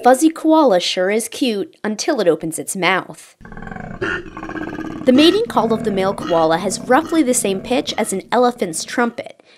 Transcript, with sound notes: The fuzzy koala sure is cute. Until it opens its mouth. [Sound of koala vocalization.] The mating call of a male koala has roughly the same pitch as an elephant's trumpet.